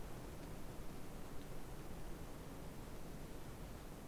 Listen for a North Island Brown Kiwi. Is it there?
no